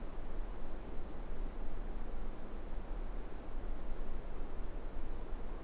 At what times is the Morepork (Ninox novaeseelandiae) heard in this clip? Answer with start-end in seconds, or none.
none